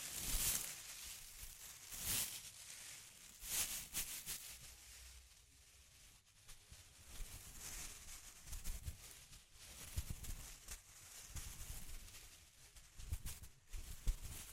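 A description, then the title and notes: Intense close-up crinkling with irregular, crackly bursts. Three sharp, bright crunches land in the first four seconds, then the sound settles into denser, quieter rustling and snapping, broken by louder flare-ups around eight, ten and thirteen seconds. ASMR Intense Close-Up Crinkles (No Talking).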